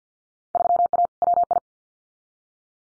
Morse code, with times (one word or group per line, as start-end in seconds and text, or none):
0.6-1.1 3A
1.2-1.6 WI